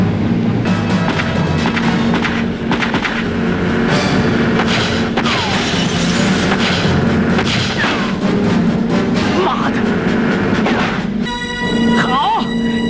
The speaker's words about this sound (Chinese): 气愤的莱尔梅森将达利洛挟持到自己的快艇上，匆忙逃窜。他们合作与开始行动的警方，在海上展开了一场激烈的枪战。